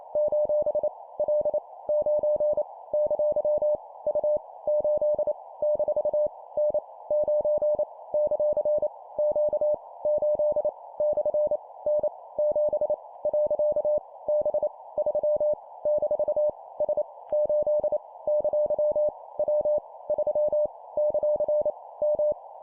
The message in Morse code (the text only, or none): : L 9 ! U 8 - N 9 ; Q 8 / N 7 . B 3 - S 8 ! W 3 ; M